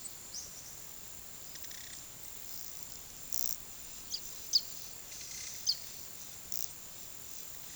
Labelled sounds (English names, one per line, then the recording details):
none
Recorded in pastures near Puerto Asís, Putumayo, Colombia, on 19 February 2024 at 12:30
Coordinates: 0.466, -76.323
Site G6384